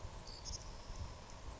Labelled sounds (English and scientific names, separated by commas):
Savannah Sparrow (Passerculus sandwichensis)